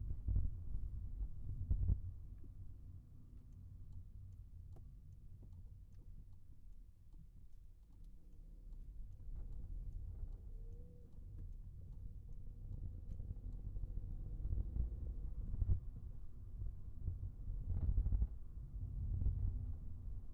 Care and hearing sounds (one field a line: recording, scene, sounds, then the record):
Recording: everyday scene through a hearing-aid microphone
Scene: in a vehicle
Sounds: engine, highway traffic jam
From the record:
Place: Skoda Fabia, gasoline engine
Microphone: behind the ear, right, rear